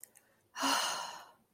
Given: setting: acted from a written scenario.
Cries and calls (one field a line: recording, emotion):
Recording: vocal sound without words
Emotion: relief